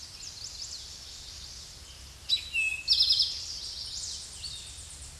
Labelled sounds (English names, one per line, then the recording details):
Eastern Towhee song
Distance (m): 10 m
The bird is about 5 m above the microphone
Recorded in a Pennsylvania forest on 16 May 2024 at 07:38
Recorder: AudioMoth, point MSD-0788
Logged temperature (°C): 16.6 °C
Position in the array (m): 70 m, 19 m